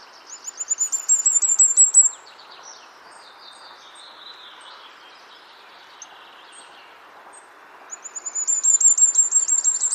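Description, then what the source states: Firecrest song, a string of very high, thin notes rising in pitch, given twice, with softer high twittering between and steady background hiss. Male's song and calls; call described as zoo zoo zee zee, slightly lower pitched than goldcrest's, ending in a brief trill; lacks goldcrest's cyclic rhythm; very high pitched, often beyond many seniors' hearing.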